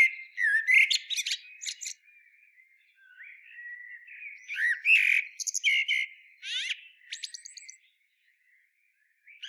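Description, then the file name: Common blackbird song: low fluted warbling phrases, each ending in a high, squeaky twitter, with quiet gaps between phrases. "Turdus merula"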